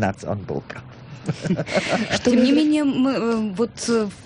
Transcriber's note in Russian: смеется